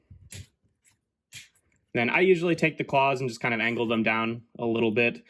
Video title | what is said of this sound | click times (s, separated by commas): Transformers Shattered Glass GRIMLOCK Review | there we go and then click that back into place on the other side | 0.3 s